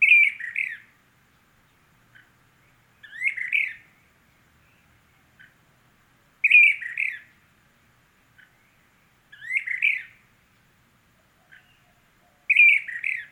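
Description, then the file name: Brown-crested flycatcher giving five raspy, burry calls at steady intervals, with small faint notes between. Subspecies magister. "Brown crested Flycatcher Myiarchus tyrannulus magister Olmstead"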